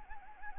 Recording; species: mosquito wingbeat signal from an infrared sensor; Anopheles gambiae